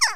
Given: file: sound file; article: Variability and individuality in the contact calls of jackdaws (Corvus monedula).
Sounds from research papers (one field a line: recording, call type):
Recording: jackdaw call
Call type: harmonic